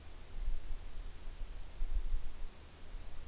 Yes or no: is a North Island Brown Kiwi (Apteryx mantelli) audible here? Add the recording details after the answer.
no. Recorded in New Zealand on 6 June 2014. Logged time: 02:19